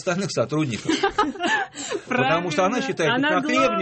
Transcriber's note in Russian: все смеются